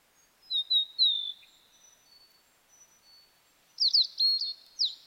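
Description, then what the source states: Blue-and-white flycatcher song: high, clear whistled notes slurring downward, a pause, then a second phrase of quick sharp whistles; quiet background. Recorded 9 May 2009, 13:55.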